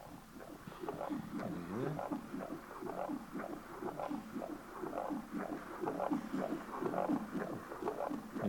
The sound of a human heart beating.